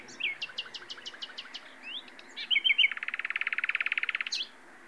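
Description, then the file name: Common nightingale song: a row of sharp, evenly spaced high notes and slurred whistles, then a loud, rapid buzzy rattle held for about a second and a half. "Luscinia megarhynchos"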